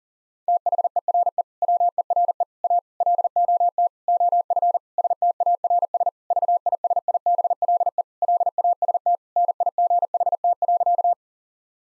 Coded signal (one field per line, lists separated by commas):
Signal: Morse code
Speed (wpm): 40 wpm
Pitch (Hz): 700 Hz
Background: none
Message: THERE WERE A LOT OF STARS VISIBLE LAST NIGHT.